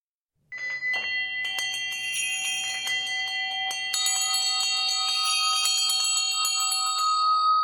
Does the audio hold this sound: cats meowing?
no